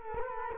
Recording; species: mosquito wingbeat signal from an infrared sensor; Culex quinquefasciatus